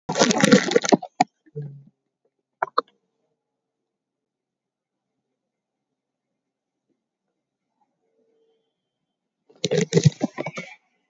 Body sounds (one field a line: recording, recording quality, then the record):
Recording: sustained vowel as in made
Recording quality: poor, much background noise or distortion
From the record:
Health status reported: COVID-19 positive, mild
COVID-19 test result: positive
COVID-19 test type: RT-PCR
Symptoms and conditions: fatigue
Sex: male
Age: 31 years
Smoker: no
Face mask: not worn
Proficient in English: yes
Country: India